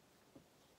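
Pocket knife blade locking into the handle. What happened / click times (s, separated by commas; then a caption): The part is being handled; no seating click yet / none. A Swiss-army-style pocket knife is handled as its blade is opened toward the lock that holds it in the handle, with only a faint, soft low bump around 0.35 seconds against a quiet background. Nothing has seated or clicked yet; the blade lock has not engaged by the end of the clip.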